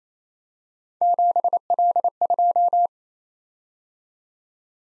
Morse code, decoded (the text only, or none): 7L2